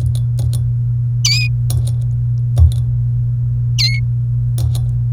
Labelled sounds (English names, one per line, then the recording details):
Domestic Canary song
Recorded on 29 April 2018 at 17:06
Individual llb3